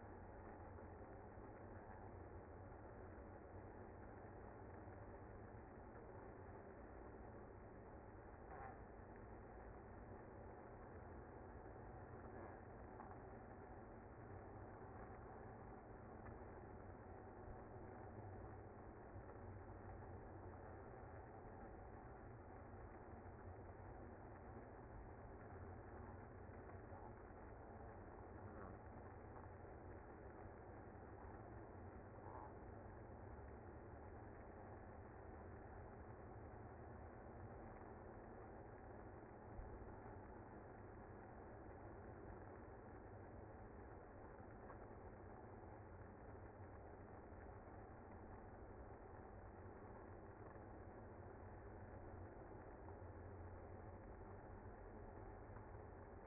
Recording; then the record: honeybee colony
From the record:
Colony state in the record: active